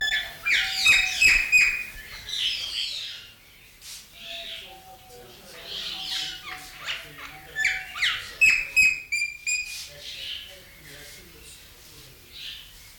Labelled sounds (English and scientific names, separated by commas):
Golden Myna (Mino anais)